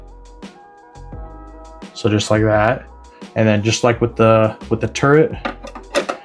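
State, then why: Seated. A plastic accessory piece is pushed into a peg socket on an action figure, the same way as a turret, while someone talks over faint background music. It goes in with a short, sharp snap at 6.1 seconds and stays snugly seated.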